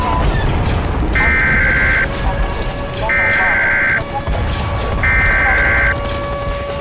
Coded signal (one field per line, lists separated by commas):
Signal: Emergency Alert System (SAME) tones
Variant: header bursts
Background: speech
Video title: EAS Scenario anime: high school dxd wars. la invasion DxD en francia teaser y avance sobre el cap 3